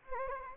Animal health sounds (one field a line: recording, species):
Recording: mosquito wingbeat signal from an infrared sensor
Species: Anopheles gambiae